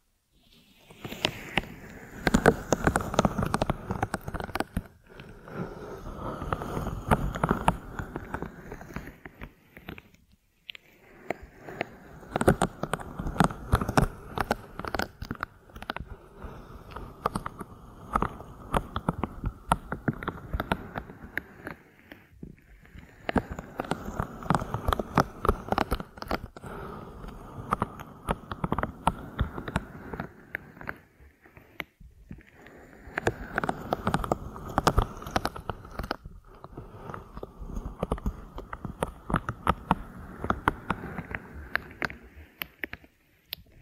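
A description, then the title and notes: A crunchy ear massage with rubbing strokes swelling and easing in waves about every ten seconds, briefly pausing near 10, 22 and 32 seconds. ASMR 3D Ear Massage that Penetrates Your Brain (No Talking).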